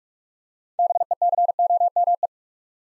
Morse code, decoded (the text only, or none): BECOME